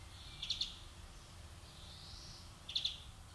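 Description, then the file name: European greenfinch giving two short bursts of rapid twittering chips about two seconds apart, with a faint drawn-out wheeze between them, over a low rumbling background. "Chloris chloris"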